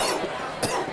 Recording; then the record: coughing mixed with background sound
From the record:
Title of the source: Coughing 79